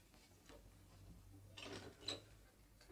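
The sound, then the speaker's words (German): A door is opened after a knock, in a 1949 recording of Hauptmann's play Michael Kramer: quiet mechanical rattling of a latch and handle, followed by a brief scraping swish and a sharper click near the end, over a low steady hum. “Mach doch mal auf, Michaeline, sieh mal nach.”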